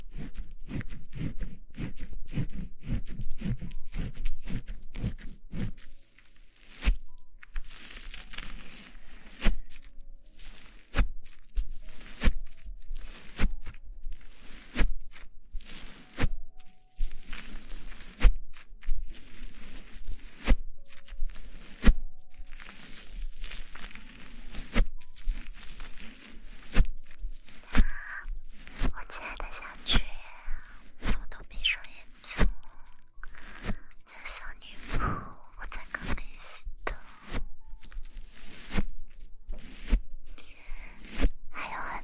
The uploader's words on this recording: Shampoo wash hair 头部按摩 泡沫触发音 轻语 快速抓头皮.